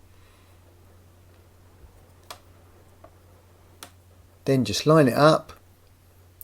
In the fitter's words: Sie es einfach rundherum zusammen , und Sie werden hören, wie es einrastet. Wunderbar, also